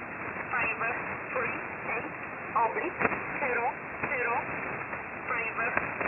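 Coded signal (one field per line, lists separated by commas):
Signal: numbers station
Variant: E11 Oblique, English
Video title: 14 06 2021 Number station E11 Oblique in English to Eu 0900 on 7449 unknown tx site in USB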